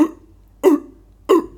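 Three short, harsh, low-pitched cough bursts about 0.6 seconds apart, with a hollow, seal-like bark. An adult clinician imitates the classic barking cough of croup, by far the commonest cause of stridor in children. The cough is distinctive enough that croup is often diagnosed as the child walks through the department.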